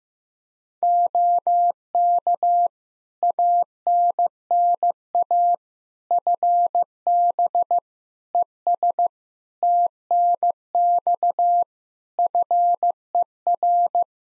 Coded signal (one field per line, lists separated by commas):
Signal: Morse code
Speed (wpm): 15 wpm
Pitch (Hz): 700 Hz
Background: none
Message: OK ANNA FB ES TNX FER